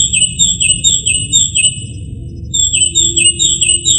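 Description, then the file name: Northern mockingbird giving a run of repeated high slurred notes, a short pause, then the series resumes, over a faint low hum. "kicauan-burung-northern-mockingbird -omkicau"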